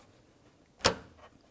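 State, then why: Seated. On a 2000-2005 Buick LeSabre, the upper transmission cooler line's quick-connect is slid into its radiator port and locked in, with a sharp click at 0.9 s and a short fading tail afterward. The line is seated, and a tug test shows it will not come out.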